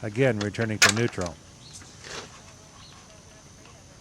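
Someone talks for the first second and a half while the shift lever of a 2002-or-later GasGas TXTPro trials motorcycle is upshifted to second gear by hand and allowed to return slowly toward neutral. Afterwards only faint low handling noise and quiet background remain. Nothing has seated or clicked yet, because the clip ends just before the internal transmission shifting ring positions itself.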